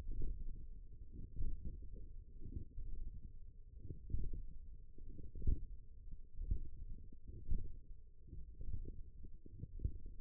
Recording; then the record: forearm muscle sounds (acoustic myography)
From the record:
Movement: index flexion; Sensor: system 1, eight BSWA MPA416 microphones around the upper forearm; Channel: 3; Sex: female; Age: 20 years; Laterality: right